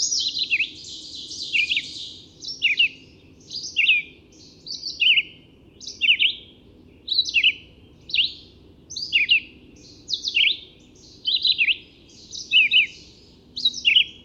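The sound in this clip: Red-eyed vireo singing steadily: short, varied, slurred phrases repeated roughly once a second with short gaps, over faint low background noise.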